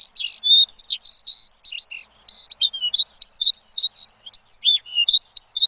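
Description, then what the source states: Bird song, dense and rapid, mixing high warbled notes and quick chirps without a pause. Bird chirping used to train pet birds.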